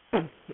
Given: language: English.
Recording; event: throat vibration sensor signal played as sound; cough